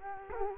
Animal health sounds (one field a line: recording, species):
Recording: mosquito wingbeat signal from an infrared sensor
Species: Culex quinquefasciatus